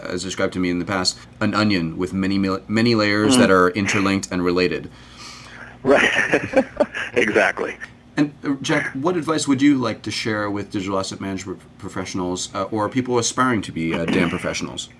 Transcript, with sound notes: As described to me in the past, an onion with many layers that are interlinked and related.
Exactly. [laughs]
Jack, what advice would you like to share with Digital Asset Management professionals or people aspiring to be DAM professionals?